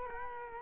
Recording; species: mosquito wingbeat signal from an infrared sensor; Culex quinquefasciatus